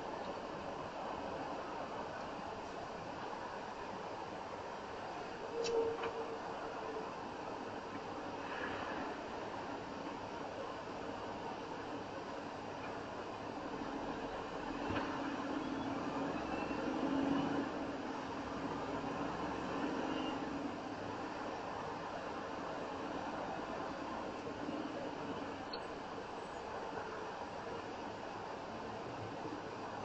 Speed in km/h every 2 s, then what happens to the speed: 31, 24, 16, 8, 5, 5, 6, 8, 11, 15, 13, 15, 11, 5, 0.
0-7 brakes to 5. 7-13 steady at about 5. 13-18 speeds up to 15. 22-30 slows to 0.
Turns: none.